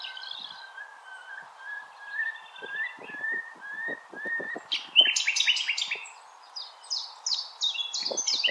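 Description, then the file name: Common nightingale singing, starting with soft repeated piping notes, then a loud burst of varied chattering phrases; faint clicks and rustles below. Recorded 16 April 2021. "Nightingale-210416"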